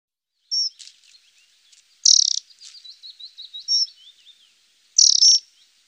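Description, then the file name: Dunnock song, a thin, high warbling jingle of quick notes, punctuated by two loud buzzy bursts. "heggemus dunnock"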